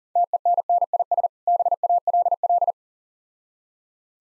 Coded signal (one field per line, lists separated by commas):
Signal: Morse code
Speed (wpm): 40 wpm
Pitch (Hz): 700 Hz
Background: none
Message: TENNIS BALL